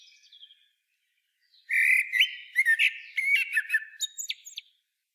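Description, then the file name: Common blackbird song: a faint thin note, a pause, then a long loud phrase of warbled whistles mixed with sharp squeaky and twittering notes. "Turdus merula"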